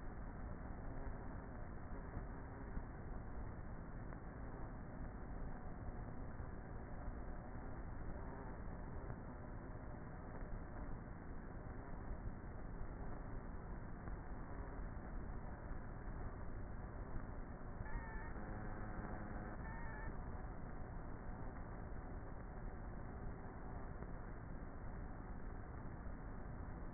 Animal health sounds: honeybee colony, microphone inside the hive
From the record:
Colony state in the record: queenless with a low population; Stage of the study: before two queens were removed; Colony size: about 30,000 bees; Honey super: no

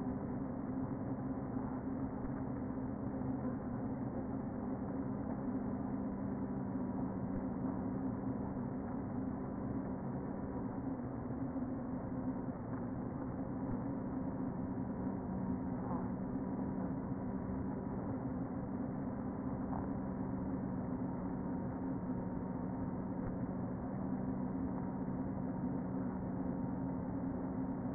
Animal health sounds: honeybee colony, microphone inside the hive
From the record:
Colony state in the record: queen present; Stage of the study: before two queens were removed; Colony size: about 60,000 bees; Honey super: yes

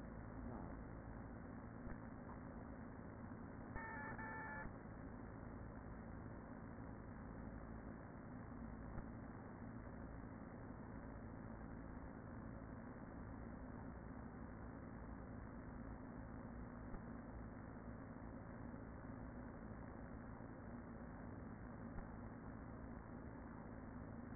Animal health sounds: honeybee colony, microphone inside the hive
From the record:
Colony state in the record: queen present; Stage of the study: after two queens were removed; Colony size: about 40,000 bees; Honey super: no

